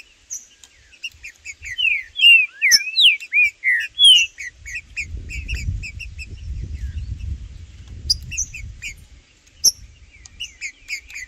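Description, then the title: Green-winged saltator gives a cluster of loud slurred whistles, then repeated short chips while a low rumbling noise swells in the background. Trinca-ferro calling (piando), singing and 'macheando' in a dispute, in the bush with a free (solto) bird; birds named Blindado and Tufão. "Trinca Ferro no MATO Cantando e Macheando muito com Solto! Blindado e Tufão no mato"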